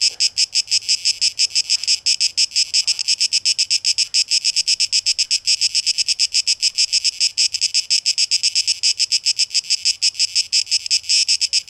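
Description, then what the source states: Cicada chorus of rapid, rhythmic rasping pulses, bright and high-pitched, steady throughout with slight swells in strength. Cicadas recorded 12 August 2023; tape echo mix.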